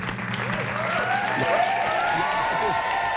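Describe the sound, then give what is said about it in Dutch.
A studio audience claps steadily for a few seconds to welcome guests, a dense, even patter of many hands at a constant moderate loudness, with some faint rising and falling tones running through it. “De andere twee hebben dat applaus al gehad.”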